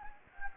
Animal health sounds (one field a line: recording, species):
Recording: mosquito wingbeat signal from an infrared sensor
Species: Anopheles gambiae